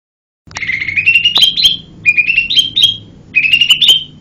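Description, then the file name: Lesser green leafbird song of sweet whistled notes climbing in pitch, punctuated by sharp clicks, given as three rising phrases with short gaps. "cucak hijau mini. omkicau"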